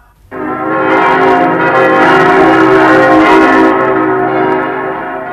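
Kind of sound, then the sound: signal or alarm, church bells ringing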